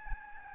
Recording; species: mosquito wingbeat signal from an infrared sensor; Aedes albopictus